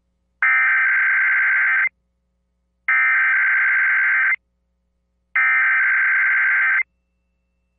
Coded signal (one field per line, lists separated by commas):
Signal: Emergency Alert System (SAME) tones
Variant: header bursts